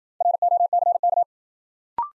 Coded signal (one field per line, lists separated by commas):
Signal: Morse code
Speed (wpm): 52 wpm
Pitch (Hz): 700 Hz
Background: none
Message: ROCK